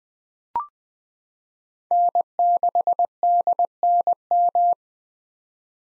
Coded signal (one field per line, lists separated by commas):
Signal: Morse code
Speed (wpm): 20 wpm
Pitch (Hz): 700 Hz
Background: none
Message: N6DNM